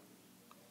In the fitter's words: and now it's locked into place